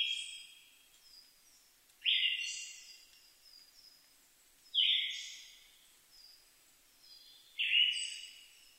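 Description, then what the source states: Siberian thrush singing a whistled note with a drawn-out sizzling tail, repeated several times at steady intervals, with weak high notes from other birds in the background. Recorded 2 July 2011 at 05:51.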